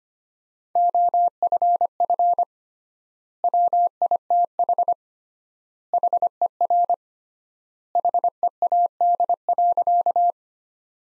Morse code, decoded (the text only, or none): OFF WITH HER HEAD.